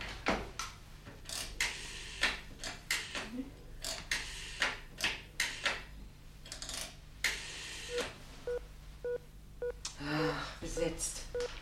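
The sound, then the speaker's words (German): A telephone number is dialed: a run of sharp, irregular mechanical clicks, followed by several short, high electronic beeps near the end, with a low steady hum underneath. “Sie können doch später nochmal anrufen.”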